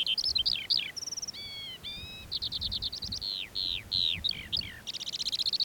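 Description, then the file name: Lark song: rapid downslurred chirps, a few clear steady whistles, then a fast buzzy trill to finish, all high-pitched and varied. Perched on a post; recorded 19 June 2021 at 09:48. "2021-06-19-09 48 18-lark-on-post"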